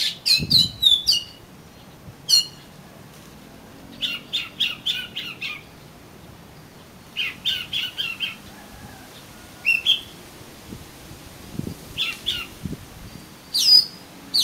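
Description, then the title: Oriental magpie-robin song: scattered phrases of high whistles and chattering notes separated by short pauses. "Kacer Kacer"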